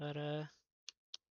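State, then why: Seated. Someone talks briefly while a small internal connector is pressed gently into its socket on the board of a Nintendo Switch handheld game console during a repair. Two short, sharp clicks follow at 0.9 s and 1.1 s as the connector snaps home and seats.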